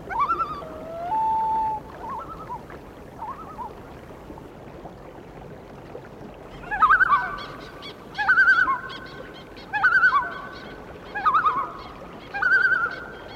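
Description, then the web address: Loon calls: a short wavering wail opens, then a series of quavering, yodel-like tremolo bursts repeats about every one and a half seconds over a steady background hiss. "A Természet hangjai - Madárdal Sounds of Nature - Cry of the Loon"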